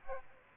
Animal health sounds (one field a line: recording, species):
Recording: mosquito wingbeat signal from an infrared sensor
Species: Aedes aegypti